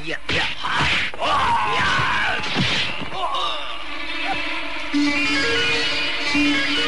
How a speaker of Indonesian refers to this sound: Pukulan dari Aji Banyu Cakrabuana tidak tertahankan lagi. Sebuah pukulan yang berkekuatan luar biasa menerpa pundak Resi Amista. Resi asing itu terlempar jauh dan darah pun memancar dari mulut dan hidungnya.